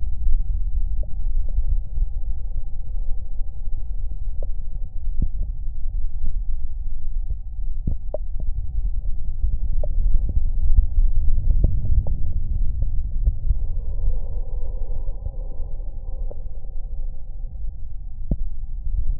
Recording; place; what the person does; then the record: lung sounds by stethoscope; right anterior apical chest; quiet breathing, then deep breathing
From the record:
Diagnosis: COPD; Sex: male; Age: 60 years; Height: 171 cm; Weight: 59.4 kg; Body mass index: 20.3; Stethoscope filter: extended mode